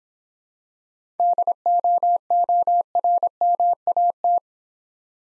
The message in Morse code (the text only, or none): DOORMAT